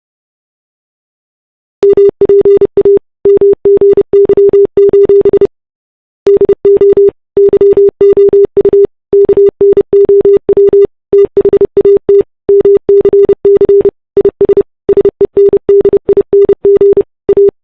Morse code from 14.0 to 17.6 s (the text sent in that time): IS SENDING A